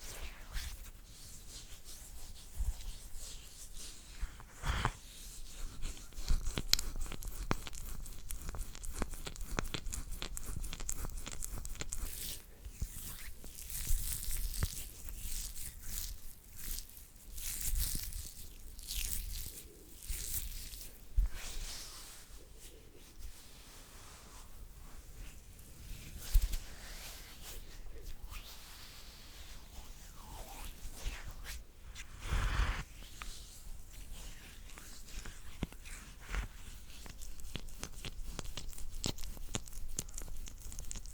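Hand sounds: irregular rubbing, scratching and crinkling noises that come in uneven bursts rather than a steady pattern. Sharp hissy scrapes and brief taps cluster around the middle, with louder strokes near 5, 20, 26 and 32 seconds, and quieter rustling between.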